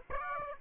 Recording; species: mosquito wingbeat signal from an infrared sensor; Aedes aegypti